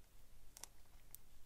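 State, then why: Seated. A thumb presses the hex while a rubber mini crawler tire is tugged and worked around a beadlock wheel, pulling the bead out over the plastic ring. Sharp clicks at 0.6 s, 0.6 s and 1.1 s mark the tire bead popping into place on the wheel ring, fully seated.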